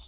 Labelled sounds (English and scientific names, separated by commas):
Hermit Warbler (Setophaga occidentalis) flight call